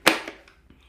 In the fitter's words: this mopping system should just snap right into here.